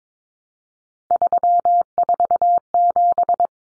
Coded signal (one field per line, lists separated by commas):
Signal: Morse code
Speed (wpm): 22 wpm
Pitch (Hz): 700 Hz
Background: none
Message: 347